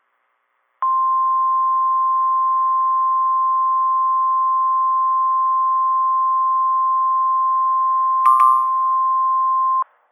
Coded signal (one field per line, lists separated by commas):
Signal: Emergency Alert System (SAME) tones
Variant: 1050 Hz attention tone